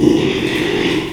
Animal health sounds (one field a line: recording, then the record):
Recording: squeal of a Yucatan mini pig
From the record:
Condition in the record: after surgery on the right vocal fold (resection and tissue-engineered implant)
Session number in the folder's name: 1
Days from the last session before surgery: 6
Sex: male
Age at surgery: 12 weeks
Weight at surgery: 13 kg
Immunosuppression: cyclosporine, prednisolone